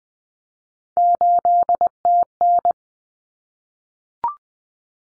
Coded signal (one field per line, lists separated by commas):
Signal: Morse code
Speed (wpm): 20 wpm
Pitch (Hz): 700 Hz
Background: none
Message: 8TN